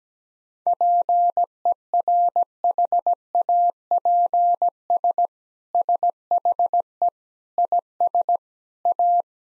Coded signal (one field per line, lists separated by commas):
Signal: Morse code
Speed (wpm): 17 wpm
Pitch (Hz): 700 Hz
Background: none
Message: PERHAPS SHE IS A